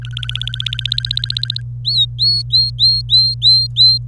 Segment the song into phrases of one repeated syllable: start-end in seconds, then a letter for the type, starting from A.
0.02-1.61 A, 1.85-3.98 B